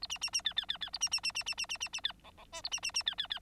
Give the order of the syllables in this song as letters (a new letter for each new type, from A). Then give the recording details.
A B B B C C C C A B B B B B B B B B C D D E A B B B C C C. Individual Bird9